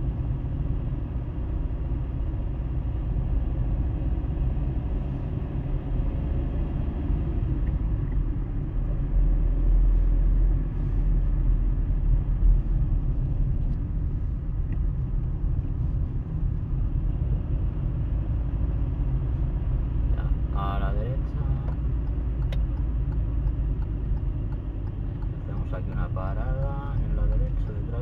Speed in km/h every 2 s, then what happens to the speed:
25, 27, 30, 33, 30, 30, 24, 23, 22, 27, 26, 24, 22, 21.
0-6 speeds up to 33. 10-13 slows to 23. 13-19 steady at about 23. 19-28 slows to 21.